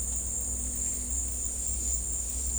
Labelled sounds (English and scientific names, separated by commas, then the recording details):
none
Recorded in dense forest near Puerto Asís, Putumayo, Colombia, on 16 December 2024 at 14:00
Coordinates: 0.466, -76.327
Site G075